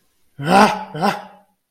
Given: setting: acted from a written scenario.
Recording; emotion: vocal sound without words; negative surprise